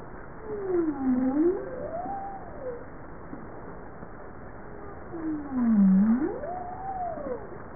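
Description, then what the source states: Bowhead whale calls: two low swooping moans, each dipping down then rising and arching back, separated by a pause, over steady underwater noise. Recorded 21 April 1988.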